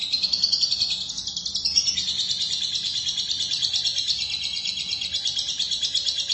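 Lovebird song, a continuous rapid chatter of harsh, squeaky notes running without pause, with slight shifts in pitch throughout.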